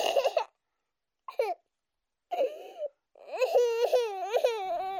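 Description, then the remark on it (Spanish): A baby cries from the entrance of a shared neighbourhood house in broken, halting bursts: short high-pitched sobs separated by pauses, then a longer wavering wail that rises and falls, with no other voices. “Un niño llora. Es un llanto roto, entrecortado, caliente.”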